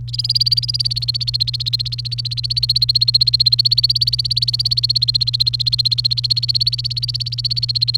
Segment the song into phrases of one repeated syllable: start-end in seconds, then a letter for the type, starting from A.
0.08-7.98 A